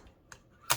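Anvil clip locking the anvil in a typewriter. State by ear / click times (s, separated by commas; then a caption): seated / 0.7 s. A metal anvil clip on a Hammond Multiplex typewriter is pushed up while the anvil is being reinstalled; it should latch on its own. A faint tick comes at 0.3 s, then a loud, bright click at 0.7 s as the clip latches. The anvil is now locked in and can no longer be pulled out.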